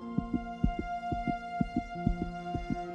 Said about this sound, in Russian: Внезапно видения оставили Джереми, и он почувствовал, как колотится его собственное сердце и пульсирует в жилах кровь.